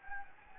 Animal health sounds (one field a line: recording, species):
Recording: mosquito wingbeat signal from an infrared sensor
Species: Anopheles gambiae